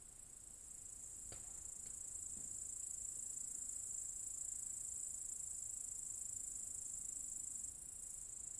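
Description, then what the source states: Cicadas, a steady, very high-pitched shrill hiss droning without pause, with a few faint clicks early on. Several cicadas in an apple tree orchard at Zalensų Sodybos, Lithuania, recorded 23 August 2015.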